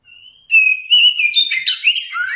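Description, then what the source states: Oriental magpie-robin song: a drawn-out steady whistle that breaks into a lively jumble of chirps and slurred notes. Masteran (training song recording) meant for teaching captive Kacer birds to sing.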